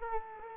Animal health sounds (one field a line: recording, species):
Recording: mosquito wingbeat signal from an infrared sensor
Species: Culex quinquefasciatus